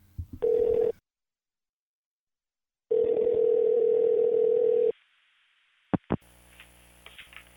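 A telephone call is dialed and rings out: a short steady low tone, a pause, then one long sustained ringing tone, followed by a couple of sharp clicks as the call connects. No one speaks.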